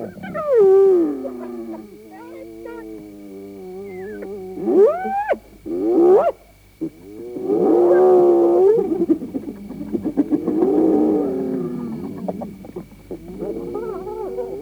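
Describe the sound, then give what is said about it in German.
Spotted hyenas facing a pride of lions giggle and whoop in a shrill, wavering chorus, with rising falsetto sweeps cutting through bursts of loud, pitch-bending cackles that overlap and continue without pause. “Kreischendes Gekicher. Beklemmendes Falsettgejuchze. Enttäuschungslaute. Gegen ein Löwenrudel aussichtslos.”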